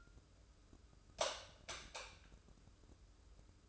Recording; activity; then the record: daily activity, microphone in the room; light off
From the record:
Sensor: 2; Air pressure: 995.2 hPa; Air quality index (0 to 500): 73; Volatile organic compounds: 2 ppm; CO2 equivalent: 1270 ppm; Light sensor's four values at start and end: 13/36/14/14 and 8/19/8/8